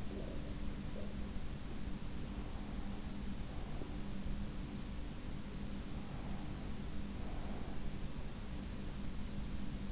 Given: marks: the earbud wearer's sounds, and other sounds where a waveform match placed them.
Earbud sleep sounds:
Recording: sounds in sleep by an in-ear microphone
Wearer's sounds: breath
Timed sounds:
0.00-1.19 s: breath

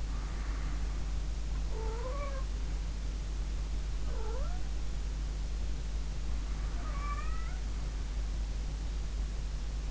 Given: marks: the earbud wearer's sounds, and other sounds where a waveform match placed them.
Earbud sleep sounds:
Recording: sounds in sleep by an in-ear microphone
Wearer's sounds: breath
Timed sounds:
0.00-1.16 s: breath
1.74-2.62 s: sound from someone else or the room
3.94-4.78 s: sound from someone else or the room
6.56-7.79 s: sound from someone else or the room

